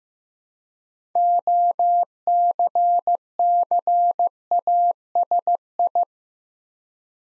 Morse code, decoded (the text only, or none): OCCASI